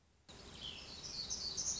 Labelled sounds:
Black-throated Gray Warbler (Setophaga nigrescens)
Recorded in Sonoma County, California

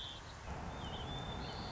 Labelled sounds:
White-crowned Sparrow (Zonotrichia leucophrys)
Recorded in Sonoma County, California

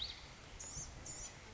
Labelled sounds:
Blue-gray Gnatcatcher (Polioptila caerulea)
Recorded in Sonoma County, California

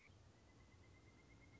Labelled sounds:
Pileated Woodpecker (Dryocopus pileatus)
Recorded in Sonoma County, California

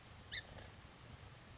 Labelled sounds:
Song Sparrow (Melospiza melodia)
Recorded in Sonoma County, California

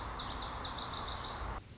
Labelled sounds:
Lazuli Bunting (Passerina amoena)
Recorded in Sonoma County, California

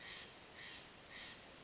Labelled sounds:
Steller's Jay (Cyanocitta stelleri)
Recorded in Sonoma County, California

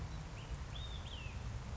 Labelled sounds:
Olive-sided Flycatcher (Contopus cooperi)
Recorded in Sonoma County, California

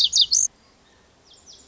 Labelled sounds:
Lazuli Bunting (Passerina amoena)
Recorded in Sonoma County, California

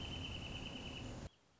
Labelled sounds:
Wrentit (Chamaea fasciata)
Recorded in Sonoma County, California

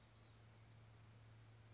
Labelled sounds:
Blue-gray Gnatcatcher (Polioptila caerulea)
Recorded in Sonoma County, California

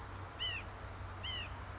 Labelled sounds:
White-breasted Nuthatch (Sitta carolinensis)
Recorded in Sonoma County, California

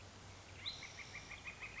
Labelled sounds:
Northern Flicker (Colaptes auratus)
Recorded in Sonoma County, California

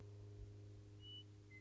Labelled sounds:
Western Meadowlark (Sturnella neglecta)
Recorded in Sonoma County, California

